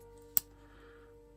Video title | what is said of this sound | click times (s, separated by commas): Iphone 15 Pro Cage (Smallrig) | Okay. Yeah, I had to press a bit harder to lock in. It wasn't really locked in. | 0.4 s